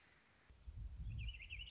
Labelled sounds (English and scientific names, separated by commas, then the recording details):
American Robin (Turdus migratorius)
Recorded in Sonoma County, California